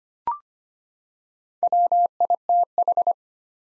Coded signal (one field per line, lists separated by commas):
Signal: Morse code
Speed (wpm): 25 wpm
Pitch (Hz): 700 Hz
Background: none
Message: WITH